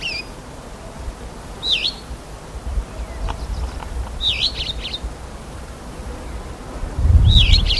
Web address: greater rosefinch call